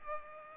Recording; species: mosquito wingbeat signal from an infrared sensor; Culex pipiens